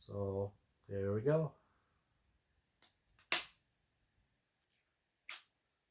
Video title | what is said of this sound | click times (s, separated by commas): Mounjaro Week 50 Results: Leg wound, Surgery, weight updates. 3/8/25 | there's a second click | 3.3 s, 5.3 s